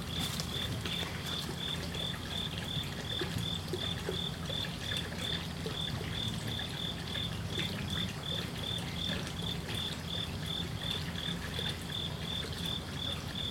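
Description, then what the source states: Cricket song, a steady high pulsing chirp repeated rapidly throughout, over a constant low rumble. Night ambience at a koi pond in Magome, Japan.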